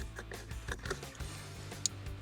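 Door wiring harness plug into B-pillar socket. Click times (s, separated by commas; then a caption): 1.9 s. A Jeep door's wiring harness plug is pushed into its mating socket inside the B-pillar, with a short stretch of soft fiddling and small taps. One sharp click rings out at 1.9 s as the plug seats, so the red locking tab can then go in.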